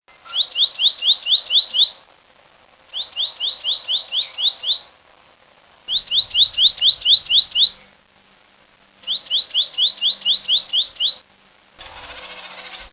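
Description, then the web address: Bridled titmouse calling in quick bursts of about eight high, thin notes, four bursts spaced roughly three seconds apart, ending with a short hiss of noise. "naturesongs brti"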